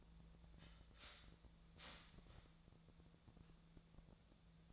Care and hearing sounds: daily activity, microphone in the room; start toaster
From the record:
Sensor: 3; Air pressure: 1000.2 hPa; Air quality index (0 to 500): 152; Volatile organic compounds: 3 ppm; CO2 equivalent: 1344 ppm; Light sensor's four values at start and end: 38/97/40/44 and 38/97/40/44

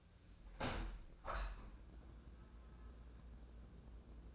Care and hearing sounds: daily activity, microphone in the room; open window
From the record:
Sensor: 2

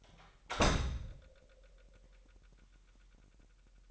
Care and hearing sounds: daily activity, microphone in the room; close door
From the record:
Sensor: 3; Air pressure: 998.4 hPa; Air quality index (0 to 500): 140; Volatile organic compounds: 4 ppm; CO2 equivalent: 1679 ppm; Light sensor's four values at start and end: 16/47/19/18 and 16/47/19/18

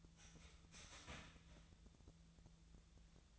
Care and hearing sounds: daily activity, microphone in the room; start toaster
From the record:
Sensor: 3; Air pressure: 1009.2 hPa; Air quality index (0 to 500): 198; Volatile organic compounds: 16 ppm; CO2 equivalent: 2560 ppm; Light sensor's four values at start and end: 32/80/34/36 and 32/80/34/36

